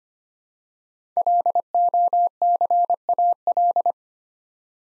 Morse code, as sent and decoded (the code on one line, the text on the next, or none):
.-.. --- -.-. .- .-..
LOCAL